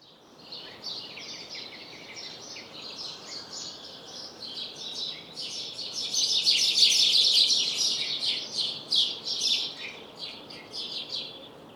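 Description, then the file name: House sparrow chirping: bright, rapid chirps, nearly three per second, swelling louder in the middle, over faint background hiss. "Passer domesticus"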